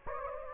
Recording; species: mosquito wingbeat signal from an infrared sensor; Anopheles gambiae